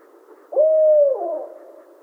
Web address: Barred Owl 2011 07 28 Barred Owl